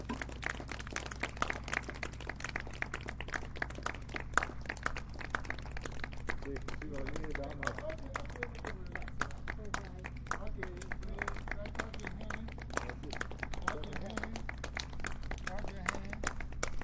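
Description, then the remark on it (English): A group claps hands continuously after everyone is asked to clap so their clapping can be seen, producing a dense, uneven patter of sharp claps with no steady rhythm, over a low steady hum; a few voices murmur faintly underneath partway through. “So everybody clap your hands.”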